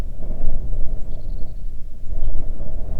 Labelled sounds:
wind
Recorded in the Arctic National Wildlife Refuge, Alaska, on 3 June 2019 at 04:43
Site 37

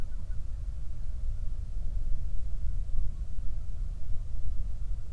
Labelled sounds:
wind
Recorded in the Prudhoe Bay oil fields, Alaska, on 31 July 2019 at 08:24
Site 24

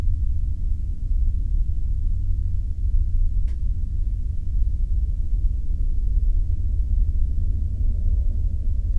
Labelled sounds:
machinery
flare stack
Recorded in the Arctic National Wildlife Refuge, Alaska, on 3 September 2019 at 14:58
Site 35

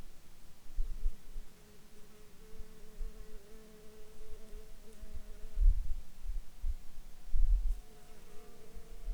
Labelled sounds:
insects
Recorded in Ivvavik National Park, Yukon, on 29 June 2019 at 13:18
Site SINP09

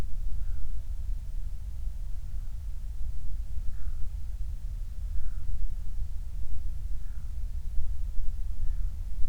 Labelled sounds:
loon
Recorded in the Prudhoe Bay oil fields, Alaska, on 28 July 2019 at 05:41
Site 25

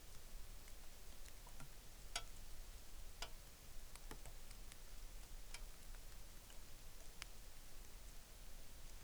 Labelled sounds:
rain
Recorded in the Arctic National Wildlife Refuge, Alaska, on 3 August 2019
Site 33

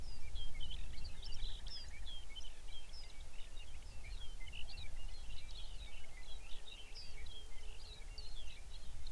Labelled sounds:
songbird
grouse or ptarmigan
shorebird
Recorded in the Arctic National Wildlife Refuge, Alaska, on 23 May 2019 at 05:19
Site 49

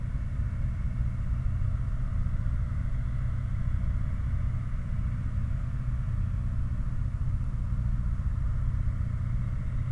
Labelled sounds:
aircraft
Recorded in the Prudhoe Bay oil fields, Alaska, on 16 August 2019 at 01:02
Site 29

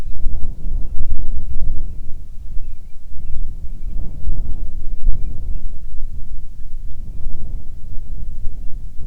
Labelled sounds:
bird
wind
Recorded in the Arctic National Wildlife Refuge, Alaska, on 9 July 2019 at 22:31
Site 48

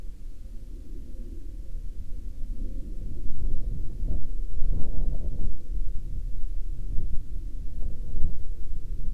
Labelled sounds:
wind
aircraft
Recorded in the Prudhoe Bay oil fields, Alaska, on 13 July 2021 at 11:58
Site 14

